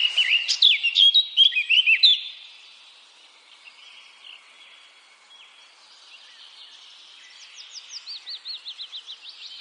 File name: Sylvia atricapilla